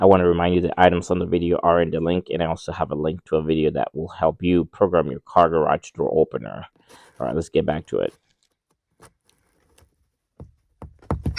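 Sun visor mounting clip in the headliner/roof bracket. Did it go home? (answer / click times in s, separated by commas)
released / 11.4 s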